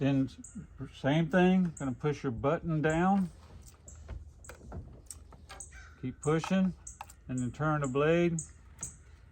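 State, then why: Seated. With the arbor lock button held down, a circular saw blade is turned by hand until the metal spindle lock pin drops into the arbor and engages. Someone talks throughout, with soft taps and handling noises in the pauses between about 3.7 and 5.6 s. The lock pin clicks into place at 8.8 s and the arbor is locked.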